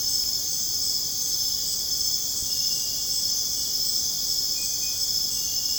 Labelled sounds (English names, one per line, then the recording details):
none
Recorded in dense forest near Puerto Asís, Putumayo, Colombia, on 23 June 2025 at 23:00
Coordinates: 0.486, -76.317
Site G065